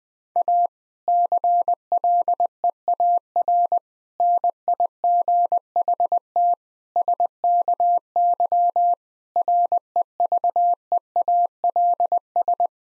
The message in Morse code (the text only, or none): A CLEAR NIGHT SKY REVEALS